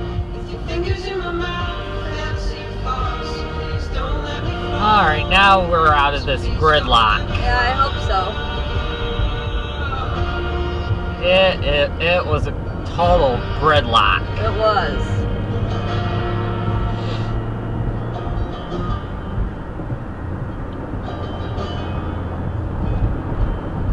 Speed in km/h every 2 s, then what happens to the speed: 27, 31, 42, 48, 52, 60, 69, 76, 85, 87, 89, 92.
0-24 speeds up to 92.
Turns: none.